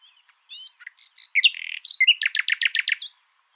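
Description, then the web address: Common nightingale singing a short phrase: a few soft whistled notes and buzzy slurs, then a fast run of about six loud, evenly repeated chipping notes. "luscinia megarhynchos call"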